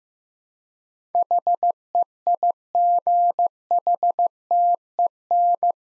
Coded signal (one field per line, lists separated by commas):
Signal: Morse code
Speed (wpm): 15 wpm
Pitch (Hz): 700 Hz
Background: none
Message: HEIGHTEN